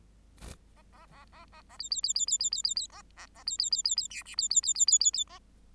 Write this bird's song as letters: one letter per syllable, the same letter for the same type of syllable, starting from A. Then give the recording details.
A A A A A A B B B B B B B B B A A A B B B B B C D B B B B B B B A. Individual Bird8